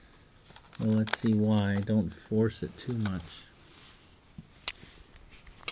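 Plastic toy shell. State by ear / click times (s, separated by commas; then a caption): not seated / none. Someone talks while pressing the two plastic shell halves of a Rokenbok toy monorail case back together after repairing its wheel drive. A few faint plastic ticks follow, with a sharper one near 4.7 s. The case halves have not snapped together, because both edges are smooth.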